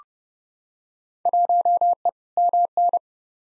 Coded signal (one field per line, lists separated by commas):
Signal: Morse code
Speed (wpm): 32 wpm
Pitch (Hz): 700 Hz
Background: none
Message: 1E MN